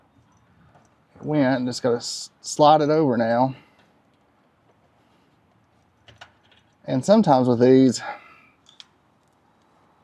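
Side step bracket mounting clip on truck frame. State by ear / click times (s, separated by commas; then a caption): seated / 8.7 s, 8.8 s. A metal mounting clip for a Tyger Auto Trax side step bracket is pulled over into position on the truck frame of a 2024 Chevy Colorado Trail Boss while someone talks. Faint handling sounds follow, and then the clip snaps home with two sharp clicks at 8.7 and 8.8 seconds, seating it in place.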